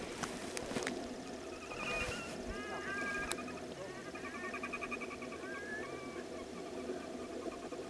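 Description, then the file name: Red-necked grebe calling with short harmonic notes that bend and rise, given in loose bursts over constant low rumbling and broad background noise. Recorded 17 June 2017. "Podiceps grisegena 17062017"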